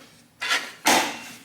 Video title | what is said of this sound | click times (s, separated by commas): Toro Power Shovel, 60-volt Cordless Snowblower | what you really have to do is put it in all the way and then until it clicks. | 0.9 s